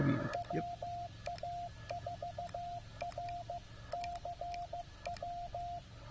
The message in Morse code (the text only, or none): WA4RCW